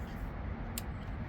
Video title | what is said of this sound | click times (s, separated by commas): Fixing A Misfire That Caused A MAP Sensor Failure!! | You heard it click, I hope. | 0.8 s